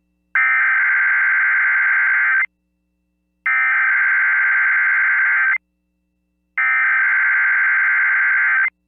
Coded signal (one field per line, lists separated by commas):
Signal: Emergency Alert System (SAME) tones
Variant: header bursts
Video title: EAS Tornado Watch Missouri NOAA Weather Radio +WeatherSTAR4000 (KDRU-FM)